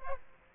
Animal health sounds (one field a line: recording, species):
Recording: mosquito wingbeat signal from an infrared sensor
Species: Aedes aegypti